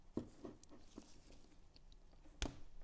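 A 6.5 mm bullet connector on the ground lead is pushed into the ground terminal of a HobbyWing MAX8 ESC during an upgrade on a Traxxas Sledge. A few faint taps and handling noises come first, then a sharp, brief pop at 2.4 s as the connector seats, felt and partly heard.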